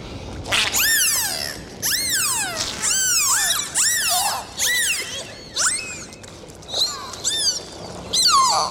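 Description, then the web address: Dolphin whistles, loud descending swoops repeated about every second, each a bright arched squeal, over a quiet background. "prirodni zvuci za deca zvuci ot delfini"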